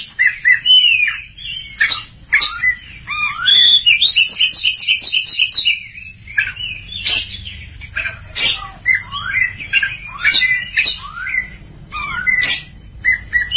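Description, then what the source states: Oriental magpie-robin song: sweet whistled phrases, a quick rattling trill, and sharp clicks and chatters, varied and continuous with brief gaps. Long-duration recording.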